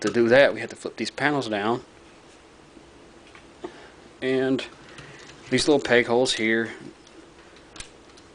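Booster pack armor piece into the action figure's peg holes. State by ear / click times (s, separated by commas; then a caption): seated / 7.8 s. Someone talks while flipping panels down on a Transformers Generations Leader Jetfire action figure, with small plastic handling ticks in between. The plastic booster pack armor piece is pressed onto the figure's peg holes and pops into place with a sharp click at 7.8 s, seating it.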